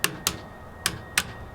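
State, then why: Seated. A repaired bicycle shifter lever is pushed up, its pawl clicking into the indexed ratchet to move through the gears, into second and then grabbing third. Four sharp, bright clicks sound at 0.0, 0.3, 0.9 and 1.2 seconds, and the shifter indexes click into gears and seat.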